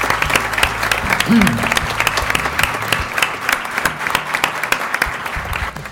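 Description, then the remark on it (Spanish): A live audience applauds steadily for about six seconds, a dense, crackling wash of many hands clapping at an even loudness, with faint crowd voices mixed in. “Así que nada, un aplauso para todos vosotros.”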